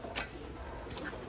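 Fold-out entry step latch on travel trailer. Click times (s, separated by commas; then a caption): 0.2 s. On a 2021 RPOD 202 travel trailer, the blue handle is pulled over to unlatch the fold-out entry steps, which are popped out. One sharp latch click sounds at 0.2 s over a low steady background, and the step latch releases.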